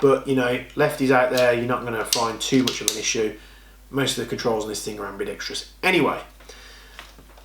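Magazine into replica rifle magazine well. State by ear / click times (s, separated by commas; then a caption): seated / 7.0 s. Someone talks for the first six seconds while a magazine is handled at the magazine well of a Classic Army Nemesis Gen2 LS12 replica rifle. A single sharp click at 7.0 s marks the magazine seating in place. The magazine drops free under its own weight and has a nice click.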